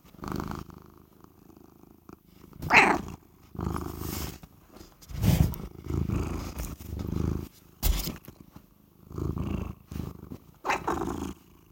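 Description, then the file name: Cat purring in soft intermittent rumbles, with a couple of brief higher chirp-like notes and a few small knocks. "Catsoundswav"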